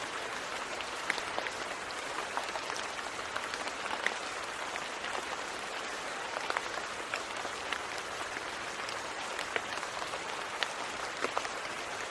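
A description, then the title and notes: Steady rain falls throughout, a dense even hiss with countless small drops pattering. Sharper individual taps stand out every second or so, brighter than the wash, while the low end stays thin and nothing else intrudes. Serenity of Rain.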